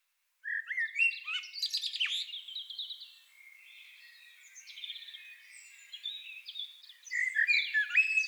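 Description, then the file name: Common blackbird with varied chattering, twittering phrases, loud bursts near the start and end and softer warbled notes in between. "Turdus merula"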